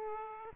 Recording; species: mosquito wingbeat signal from an infrared sensor; Aedes aegypti